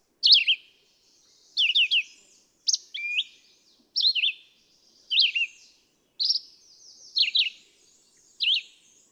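Red-eyed vireo singing a string of brief, slurred, high phrases with short gaps, each phrase changing slightly in shape.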